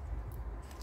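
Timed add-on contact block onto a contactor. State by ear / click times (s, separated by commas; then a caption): seated / 0.3 s, 0.7 s. A timed auxiliary add-on block is pressed onto the front of a power contactor until its plastic latches clip home, giving two short sharp clicks at 0.3 s and 0.7 s over a steady low hum. The block ends up seated, clipped onto the contactor.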